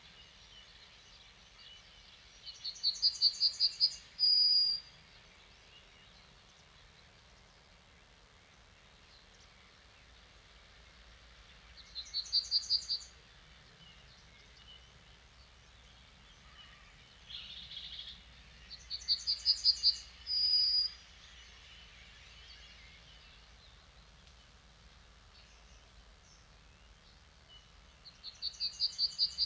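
An evening recording in a clay pit, with a bird repeating a short, high, rapid trilled song ending in a sharp whistle, roughly every eight seconds, near 4, 12, 20 and 28 seconds. A faint low rumble and hiss continue underneath, with a brief soft call around 18 seconds.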